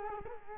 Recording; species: mosquito wingbeat signal from an infrared sensor; Culex quinquefasciatus